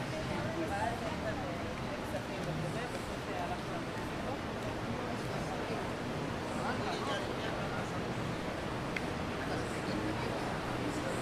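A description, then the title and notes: A busy street walk with a steady wash of chatter, low traffic rumble underneath, and scattered brief bright clicks throughout. In this episode we are taking a stroll down the busy 5th avenue in Playa Del Carmen, Mexico. Walking Down 5th Avenue In Playa Del Carmen.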